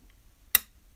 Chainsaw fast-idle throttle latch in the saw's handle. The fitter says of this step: you heard that click. That is just it clicking off, so now it's at idle.